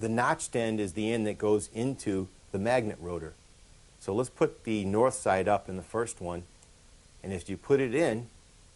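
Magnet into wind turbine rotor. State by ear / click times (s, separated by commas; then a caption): not seated / none. Someone talks while handling a small magnet to go notched end first, north side up, into a slot on the plastic magnet rotor of a CPO Science model wind turbine. Only speech is heard, with quiet pauses between phrases. Nothing has seated or clicked yet by the end of the clip.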